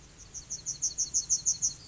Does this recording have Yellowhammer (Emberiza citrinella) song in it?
yes